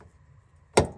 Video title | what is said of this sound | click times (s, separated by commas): P0420 Fix Scion XB Upstream & Downstream O2 Sensors Replacement How-To | should hear it snap into place just | 0.8 s